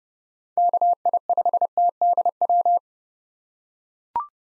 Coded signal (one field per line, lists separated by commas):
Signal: Morse code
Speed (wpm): 30 wpm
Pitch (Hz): 700 Hz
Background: none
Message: KI5TDW